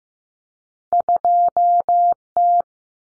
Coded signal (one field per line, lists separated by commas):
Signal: Morse code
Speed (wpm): 15 wpm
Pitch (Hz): 700 Hz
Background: none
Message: 2T